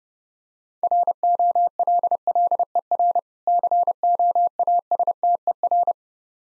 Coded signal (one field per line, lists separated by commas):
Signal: Morse code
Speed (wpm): 30 wpm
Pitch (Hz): 700 Hz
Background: none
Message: ROLLER COASTER